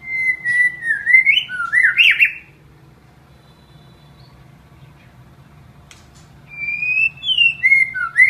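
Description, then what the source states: White-rumped shama song: a phrase of smooth rising and falling whistles ending in a harsh burst, a long pause, then another whistled phrase. Masteran (training) recording of white-rumped shama song.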